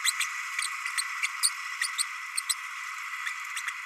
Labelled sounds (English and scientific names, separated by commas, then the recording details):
Green-rumped Parrotlet (Forpus passerinus) babbling
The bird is a male
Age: 30 days
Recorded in a nest box in Venezuela
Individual 17B32A6